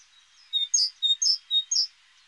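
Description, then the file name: Great tit calling with a run of six bright, high chirps in pairs, over light steady background hiss. "Parus major"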